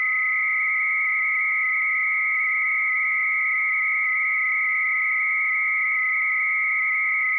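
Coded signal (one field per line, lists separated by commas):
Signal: 300-baud modem data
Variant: Bell 103, 300 baud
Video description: Here’s a practical demonstration of a program called Minimodem, which I’m using to talk to a BBS at 300 bits per second using the Bell 103 modulation scheme.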